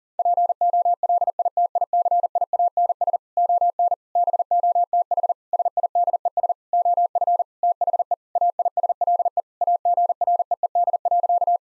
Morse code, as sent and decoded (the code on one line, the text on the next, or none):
.--. --- .-.. .. - .. -.-. .. .- -. ... / --- -. / -... --- - .... / ... .. -.. . ... / --- ..-. / - .... . / .- .. ... .-.. . / .- --. .-. . . -.. .-.-.-
POLITICIANS ON BOTH SIDES OF THE AISLE AGREED.